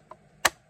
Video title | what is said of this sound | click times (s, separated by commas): Bella Art de Nicole Diamonds SPRING Mystery Box! Diamond Painting Art Kit + Themed Accessories! | then this works great because you have a lid here which did you hear that little click | 0.5 s